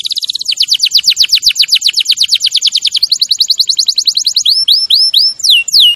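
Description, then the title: Canary singing long rapid repeated notes that shift tempo midway, followed by rising looped whistles and a final swooping note. Champion canary song used as a master recording for training other birds. "Masteran Kenari Juara"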